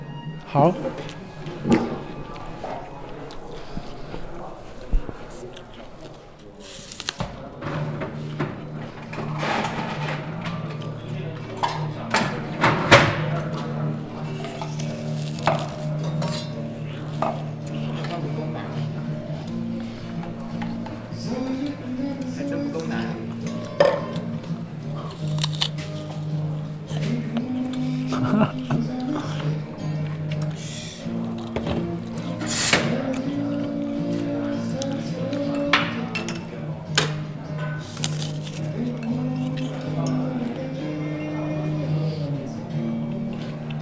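Sitting in a café, with a steady murmur of conversation filling the room throughout. Cups and dishes clink in sharp, frequent bursts, the loudest knock landing around thirteen seconds. Voices blend into a continuous low hum, with speech occasionally rising above it.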